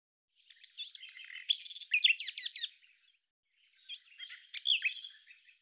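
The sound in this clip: Common nightingale song: a phrase of rattling and rapidly slurred notes, then a shorter whistled phrase after a short pause.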